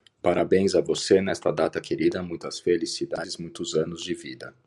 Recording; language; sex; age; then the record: short text; Brazilian Portuguese; male; 40 to 49 years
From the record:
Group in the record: control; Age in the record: 40 years